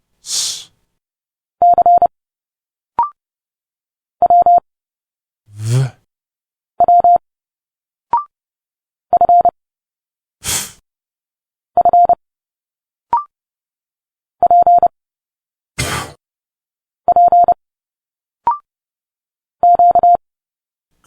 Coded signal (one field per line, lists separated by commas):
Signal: Morse code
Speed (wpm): 30 wpm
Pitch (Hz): 700 Hz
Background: none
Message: C W W F F P P Q